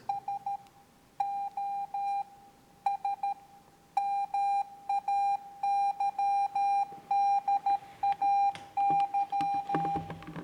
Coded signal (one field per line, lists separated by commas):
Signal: Morse code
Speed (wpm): 13 wpm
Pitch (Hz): 800 Hz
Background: none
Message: SOS MAYDAY